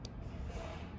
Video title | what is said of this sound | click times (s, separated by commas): Leatherman Rebar - Unboxing & Review | You put pressure on this piece, hear that little click, | 0.1 s